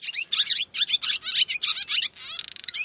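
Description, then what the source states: Barn swallow song: rapid, high twittering phrases in quick bursts, ending in a dry, buzzy rattle. Song described as a sweet little song.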